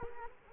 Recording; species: mosquito wingbeat signal from an infrared sensor; Culex quinquefasciatus